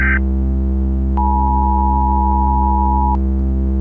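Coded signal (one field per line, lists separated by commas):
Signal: Emergency Alert System (SAME) tones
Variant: 853 and 960 Hz attention tone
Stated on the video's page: Simulated fictional EAS scenario.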